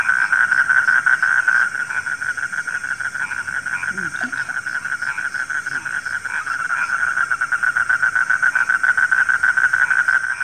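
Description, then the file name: Frog chorus of fast, overlapping pulsed croaks held at one steady pitch throughout, with a brief faint lower sound near the middle. Frogs calling at night. "suara kodok di malam hari"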